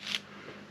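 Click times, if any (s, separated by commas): 0.1 s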